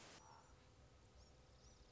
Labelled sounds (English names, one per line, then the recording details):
Common Raven
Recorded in Sonoma County, California